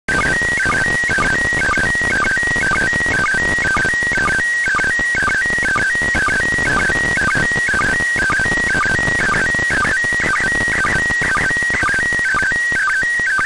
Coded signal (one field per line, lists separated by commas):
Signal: SSTV (slow-scan television)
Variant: PD 120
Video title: SSTV Decode from International Space Station 145.800 MHz SDRplay RSPdx Vertical antenna